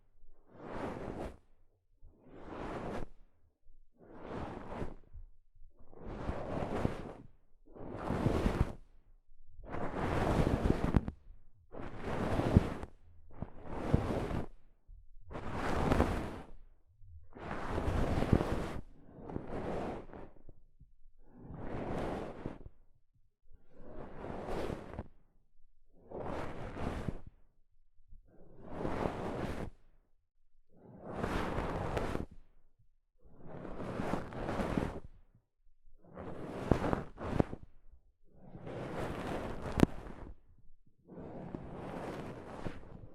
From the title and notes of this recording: ASMR Mic Brushing using Soft Fabric (No Talking).